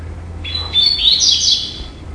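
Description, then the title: Double-collared seedeater song: one quick, high, twittering phrase lasting about a second and a half, with faint low hum beneath. "Canto Coleiro"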